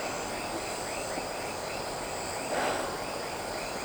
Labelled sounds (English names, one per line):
none